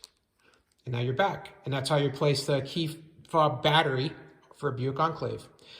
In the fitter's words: until it clicks,